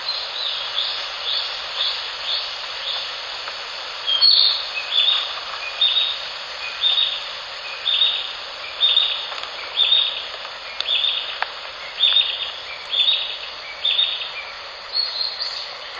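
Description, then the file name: Narcissus flycatcher singing a run of brief, high, chirpy whistled phrases repeated roughly once a second, against constant hissing background noise. "キビタキ"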